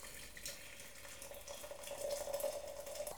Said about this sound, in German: Er brühte die Teekanne aus, schwenkte sie, schüttete weg und tat vier volle Löffel Tee hinein, den Kessel dann schrägend, um Wasser einfließen zu lassen.